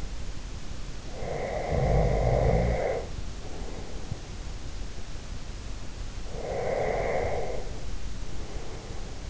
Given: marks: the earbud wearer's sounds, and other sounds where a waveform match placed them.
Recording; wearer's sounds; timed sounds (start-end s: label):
sounds in sleep by an in-ear microphone; snoring breath, breath
0.96-4.36 s: snoring breath
6.14-9.30 s: breath